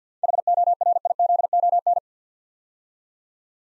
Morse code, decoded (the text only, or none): HORIZON